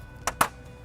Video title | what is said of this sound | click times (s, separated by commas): How To Operate Your RV Manual Awning | So you're going to squeeze that together until that pops loose. | 0.3 s, 0.4 s